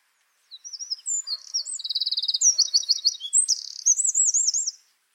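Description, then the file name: Eurasian wren delivering a loud, rapid song of high trills and warbling phrases that change pitch several times over about four seconds. Recorded 9 April 2013 at Tiefenbach. "Zaunkoenig 09 04 2013 Tiefenbach OA Kilian Weixler"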